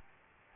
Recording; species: mosquito wingbeat signal from an infrared sensor; Aedes albopictus